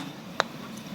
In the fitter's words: Align it like this, and press it in like this— it pops in with a satisfying click.